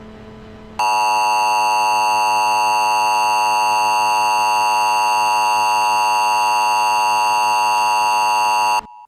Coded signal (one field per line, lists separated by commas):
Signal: Emergency Alert System (SAME) tones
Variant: 853 and 960 Hz attention tone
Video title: Nuclear Attack on the USA | EAS Scenario